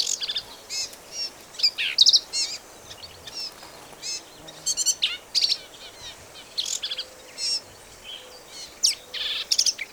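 Black-capped vireo singing energetically, with a rapid sequence of varied high chips, slurs and stuttered notes in close bursts throughout.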